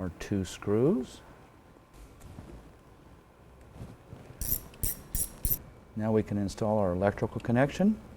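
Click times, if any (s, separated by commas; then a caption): none. Someone talks while handling the electrical connector for the fuel pressure regulator on a 2002 Ford Focus, with a short burst of sharp mechanical rattling and clicking sounds around 4.4 to 5.5 seconds. The connector has not yet been pushed onto the fuel pressure regulator, and nothing has seated or clicked yet.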